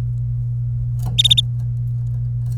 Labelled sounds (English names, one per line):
Domestic Canary song